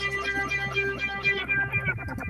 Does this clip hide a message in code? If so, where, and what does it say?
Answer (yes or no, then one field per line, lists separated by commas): no